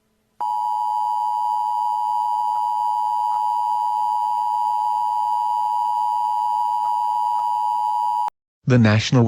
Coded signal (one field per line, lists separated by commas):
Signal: Emergency Alert System (SAME) tones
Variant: 853 and 960 Hz attention tone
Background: speech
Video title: Chick-Fil-A Emergency Alert System (2016 edition)